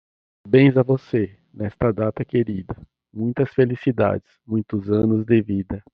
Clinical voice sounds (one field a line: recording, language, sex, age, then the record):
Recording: short text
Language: Brazilian Portuguese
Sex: male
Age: 50 to 59 years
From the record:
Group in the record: control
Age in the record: 59 years